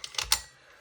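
The charging handle of a Double Eagle Noveske Ghetto Blaster airsoft rifle is pulled back to lock the bolt. Two quick ratcheting clicks at about 0.0 and 0.2 s lead into the loudest sharp click at 0.3 s, which then fades. The bolt is locked back and the nozzle is ready to go forward.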